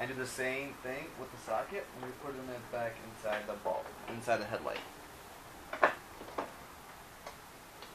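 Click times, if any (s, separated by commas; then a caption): none. A turn signal bulb socket on a Lexus GX470 is being put back into the back of the headlight housing while someone talks. After the talking, a few sharp handling knocks come through, the loudest near 5.8 s, then fainter ticks. Nothing has seated or clicked into place yet.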